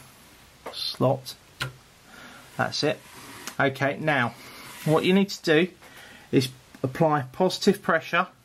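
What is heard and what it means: A RAM memory stick is handled at a motherboard DIMM slot, with positive pressure about to be applied to one side so the side retention clip snaps shut. Someone talks throughout, with brief sharp handling sounds near 0.7 s and 1.6 s. Nothing has seated or clicked yet.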